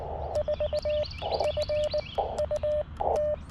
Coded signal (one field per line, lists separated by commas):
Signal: Morse code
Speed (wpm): 20 wpm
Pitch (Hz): 600 Hz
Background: music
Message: 4 FUT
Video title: QRP CW POTA Activation with FT-817ND & Chelegance MC-750 (K-4451)